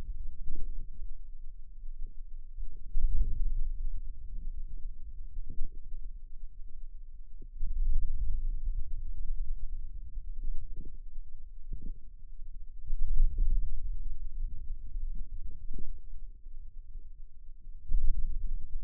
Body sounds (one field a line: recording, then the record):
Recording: forearm muscle sounds (acoustic myography)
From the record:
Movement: ulnar deviation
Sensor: system 2, bracelet of six BSWA MPA416 microphones around the upper forearm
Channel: 6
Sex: male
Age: 22 years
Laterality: right